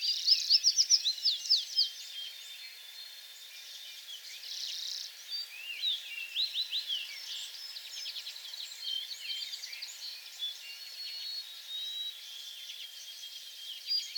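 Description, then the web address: American tree sparrow song: a quick run of high, bright notes near the start, then softer twittering behind it. Recorded on 28 April 2022; several songs. "soundrecordings 2022-04-28 American Tree Sparrow songs"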